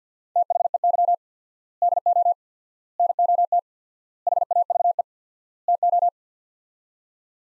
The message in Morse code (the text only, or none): THEY DO NOT HAVE TO